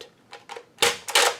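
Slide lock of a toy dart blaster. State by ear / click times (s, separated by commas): seated / 0.8 s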